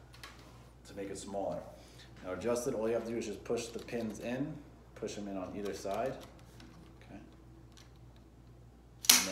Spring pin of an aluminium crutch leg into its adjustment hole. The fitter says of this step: it shorter or taller depending on what you need think you absolutely want to make sure you hear that click that